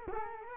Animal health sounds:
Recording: mosquito wingbeat signal from an infrared sensor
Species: Culex quinquefasciatus

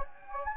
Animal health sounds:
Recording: mosquito wingbeat signal from an infrared sensor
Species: Anopheles gambiae

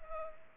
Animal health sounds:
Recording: mosquito wingbeat signal from an infrared sensor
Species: Culex pipiens

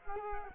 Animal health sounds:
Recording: mosquito wingbeat signal from an infrared sensor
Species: Culex quinquefasciatus

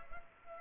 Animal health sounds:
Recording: mosquito wingbeat signal from an infrared sensor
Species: Culex pipiens

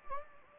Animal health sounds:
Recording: mosquito wingbeat signal from an infrared sensor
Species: Anopheles gambiae

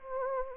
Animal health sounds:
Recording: mosquito wingbeat signal from an infrared sensor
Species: Anopheles arabiensis

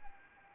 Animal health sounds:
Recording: mosquito wingbeat signal from an infrared sensor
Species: Anopheles arabiensis

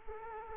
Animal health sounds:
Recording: mosquito wingbeat signal from an infrared sensor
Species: Culex quinquefasciatus

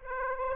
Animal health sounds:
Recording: mosquito wingbeat signal from an infrared sensor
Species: Aedes aegypti

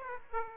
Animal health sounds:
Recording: mosquito wingbeat signal from an infrared sensor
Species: Aedes aegypti

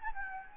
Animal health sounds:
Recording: mosquito wingbeat signal from an infrared sensor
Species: Anopheles gambiae

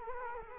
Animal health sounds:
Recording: mosquito wingbeat signal from an infrared sensor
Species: Culex quinquefasciatus

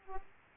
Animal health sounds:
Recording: mosquito wingbeat signal from an infrared sensor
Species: Aedes aegypti

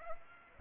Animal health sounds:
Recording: mosquito wingbeat signal from an infrared sensor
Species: Aedes aegypti

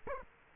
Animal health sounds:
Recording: mosquito wingbeat signal from an infrared sensor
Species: Culex quinquefasciatus

